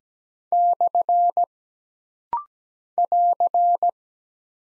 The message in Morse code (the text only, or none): / <AR>